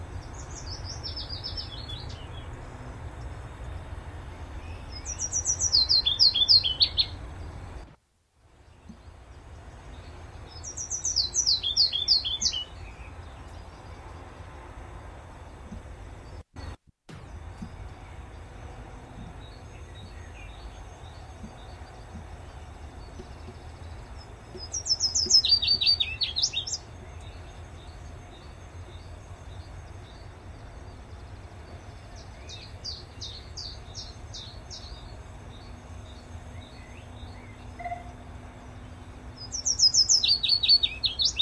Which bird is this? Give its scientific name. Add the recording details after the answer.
Phylloscopus trochilus. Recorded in captivity. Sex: male. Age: adult. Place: Volierenanlage, Zoologisches Institut Universität Tübingen, Baden-Württemberg, DE. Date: 1967-05-11 13:30. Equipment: Nagra III PH, MD 421, LGS26. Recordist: Schneider, Hans-Joachim